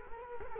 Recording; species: mosquito wingbeat signal from an infrared sensor; Culex quinquefasciatus